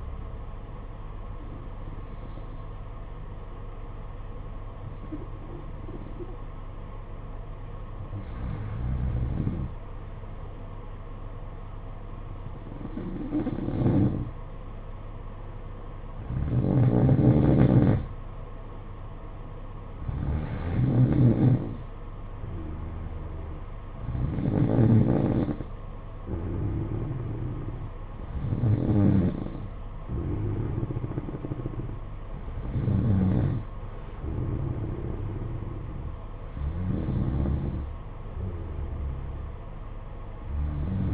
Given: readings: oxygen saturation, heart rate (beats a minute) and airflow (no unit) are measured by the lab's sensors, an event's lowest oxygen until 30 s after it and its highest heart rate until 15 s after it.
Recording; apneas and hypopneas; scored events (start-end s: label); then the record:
breathing in sleep by a smartphone at the bedside; none
none scored
From the record:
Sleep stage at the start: N2 (light sleep); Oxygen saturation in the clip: 92 to 93%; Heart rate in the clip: 49 to 54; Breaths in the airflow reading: 10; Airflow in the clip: -9.2 to 7.4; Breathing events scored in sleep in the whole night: 476 in 9.7 hours asleep